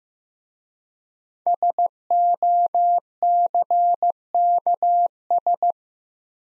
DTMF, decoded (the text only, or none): none